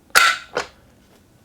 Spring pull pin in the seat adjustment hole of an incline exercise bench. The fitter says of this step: make sure that it clicks into place.